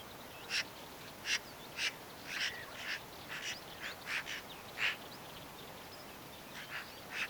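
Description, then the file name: Eurasian magpie harsh chattering calls, scattered dry notes spread throughout at irregular intervals, with steady background hiss. "Pica pica"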